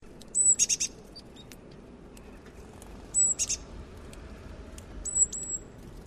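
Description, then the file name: Great tit calls: thin, high, level whistles given three times, the first two joined by a short cluster of sharp, rapid ticking notes, over a steady low rumble. Call, recorded in summer. "Rasvatihane haalitsus"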